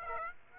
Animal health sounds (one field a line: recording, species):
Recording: mosquito wingbeat signal from an infrared sensor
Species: Aedes aegypti